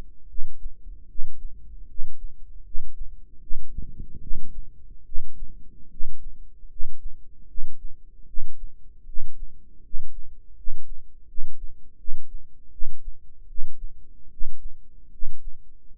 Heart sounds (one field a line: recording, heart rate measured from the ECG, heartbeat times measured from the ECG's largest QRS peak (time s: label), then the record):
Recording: heart sounds by microphone in the right ear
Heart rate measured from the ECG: 77 bpm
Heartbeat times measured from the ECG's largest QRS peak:
0.27 s: heartbeat
1.07 s: heartbeat
1.86 s: heartbeat
2.63 s: heartbeat
3.39 s: heartbeat
4.19 s: heartbeat
5.04 s: heartbeat
5.89 s: heartbeat
6.68 s: heartbeat
7.46 s: heartbeat
8.25 s: heartbeat
9.05 s: heartbeat
9.81 s: heartbeat
10.54 s: heartbeat
11.26 s: heartbeat
11.96 s: heartbeat
12.70 s: heartbeat
13.47 s: heartbeat
14.29 s: heartbeat
15.10 s: heartbeat
15.93 s: heartbeat
From the record:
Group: healthy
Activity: rest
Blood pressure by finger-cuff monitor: 110/66 mmHg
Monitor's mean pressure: 80 mmHg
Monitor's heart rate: 77 bpm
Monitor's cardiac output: 7.4 L/min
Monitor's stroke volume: 95 mL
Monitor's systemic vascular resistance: 790 dyn s/cm5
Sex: male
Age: 35 years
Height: 180 cm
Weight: 86.9 kg